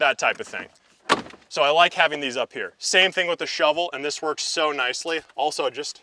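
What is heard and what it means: A recovery tool, a shovel or traction board, is being handled at a plastic and metal clamp on a roof rack mounting bracket of a Polaris off-road vehicle while someone talks. Only speech is heard, with a brief noisy burst around 1.1 s. Nothing has seated or clicked yet.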